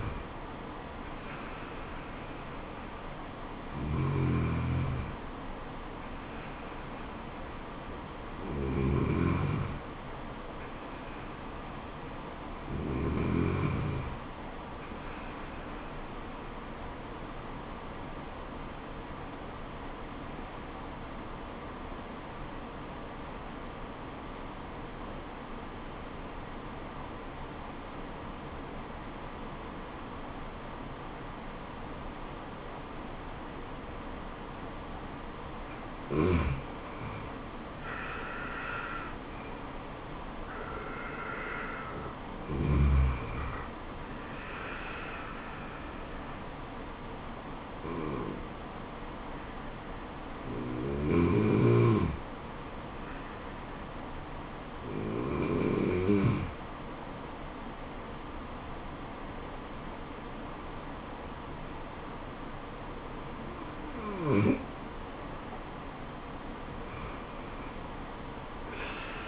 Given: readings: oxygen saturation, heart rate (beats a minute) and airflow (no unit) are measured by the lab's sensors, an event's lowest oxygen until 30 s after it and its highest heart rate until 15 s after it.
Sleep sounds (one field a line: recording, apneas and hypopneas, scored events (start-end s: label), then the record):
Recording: breathing in sleep by a voice recorder at the bedside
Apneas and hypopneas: 1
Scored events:
14.00-44.00 s: new sleep stage, N2 (light sleep)
21.00-38.10 s: obstructive apnea (N2, oxygen 96% highest, then 88% lowest, heart rate 75 at the start, 76 highest)
44.00-69.28 s: new sleep stage, N1 (lightest sleep)
From the record:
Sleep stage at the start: N1 (lightest sleep)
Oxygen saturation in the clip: 88 to 96%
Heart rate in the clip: 68 to 77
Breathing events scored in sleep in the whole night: 426 in 7.4 hours asleep